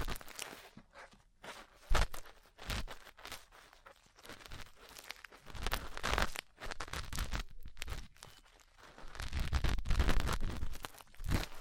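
Ear cleaning and massage sounds: irregular scratchy rubbing and soft crackles, with sharp taps near two seconds and a louder swelling rustle around ten.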